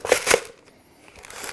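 A magazine from another replica, a CYMA, is pushed into the magazine well of a G36C (M809A2) airsoft rifle. Two loud rattling knocks come in the first 0.4 seconds, then a quiet stretch and a few small clicks. The magazine latches with a sharp click at 1.4 s.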